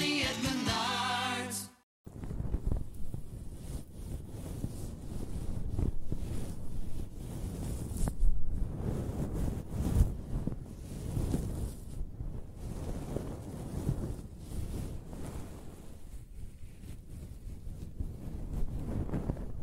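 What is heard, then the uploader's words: A short tonal sound with stacked steady pitches opens the clip, then cuts to a brief silence near two seconds. After that comes continuous rustling and scratching of hair, dense and uneven, swelling and easing in soft strokes with a muffled, low-heavy texture. ASMR Close-Up Hair Sounds - Scratching, Brushing, Stroking (No Talking).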